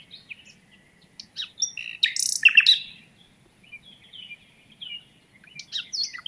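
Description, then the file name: Common nightingale song fragments: varied chirps and a short loud burst of harsh notes amid softer scattered calls. "Luscinia megarhynchos"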